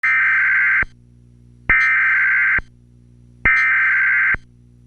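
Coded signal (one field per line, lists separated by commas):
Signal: Emergency Alert System (SAME) tones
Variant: header bursts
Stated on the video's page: Simulated, edited EAS alarm.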